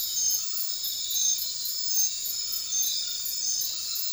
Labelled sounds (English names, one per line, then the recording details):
none
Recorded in dense forest near Puerto Asís, Putumayo, Colombia, on 13 March 2025 at 00:00
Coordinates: 0.500, -76.322
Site GP06